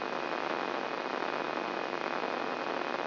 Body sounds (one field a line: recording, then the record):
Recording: brain microelectrode recording played as sound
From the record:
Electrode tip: outside the subthalamic nucleus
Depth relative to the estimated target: 1.5 mm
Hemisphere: right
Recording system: AlphaMap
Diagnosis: Parkinson's disease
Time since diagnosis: 11 years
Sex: male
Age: 67 years